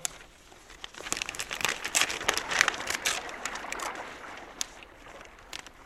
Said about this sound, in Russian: Так, дайте-ка мне вон тот пакет. Так, вскроем его.